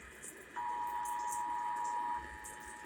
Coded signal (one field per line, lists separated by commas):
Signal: Emergency Alert System (SAME) tones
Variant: 853 and 960 Hz attention tone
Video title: NEW TV SETUP/CA TSUNAMI DRILL 2023! EAS Tests from March 2023